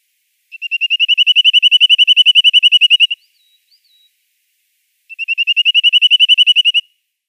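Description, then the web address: Corsican nuthatch giving a fast, even trill of clipped high notes lasting over two seconds, then a pause and a shorter second trill. "Schulze Peter Corsican Nuthatch calls"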